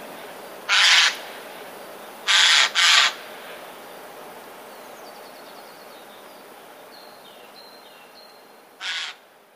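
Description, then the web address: Eurasian jay giving harsh, rasping screeches: one, then a quick pair, then a last screech after a pause, with faint thin calls of another bird in between. Alarm call, recorded 13 February 2019. "wroblowe ostrzegator sojka 13 02 2019"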